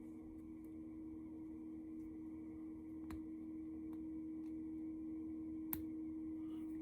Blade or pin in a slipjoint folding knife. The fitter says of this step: Okay, so it's locked in there.